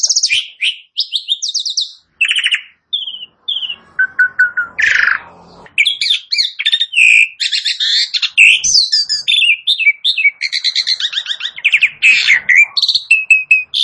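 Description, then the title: Asian pied starling song, a dense medley of short whistles, rattling trills, squeaks and harsh buzzy notes. Starling starts singing in under a minute. "Belum Satu Menit Jalak Suren Langsung Bunyi"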